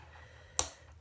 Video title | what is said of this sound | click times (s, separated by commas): Vintage Cadola Watch Disassembly - Part 3 | Hear that? Just snapped open. | 0.6 s